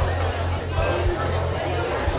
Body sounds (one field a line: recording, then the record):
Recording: background sound without coughing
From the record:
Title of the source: CITY SOUNDS Busy Bar in the Evening Night - 2 HOURS of Ambiance for Relaxation